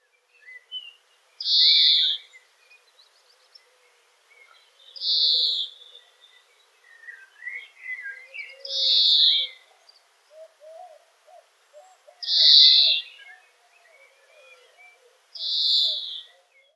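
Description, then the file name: European greenfinch wheeze calls: drawn-out buzzy notes, each under a second, repeated about every three and a half seconds, with faint twittering between them. "Chloris chloris"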